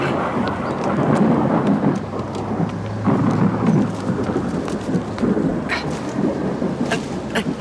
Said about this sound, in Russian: Начинается дождь.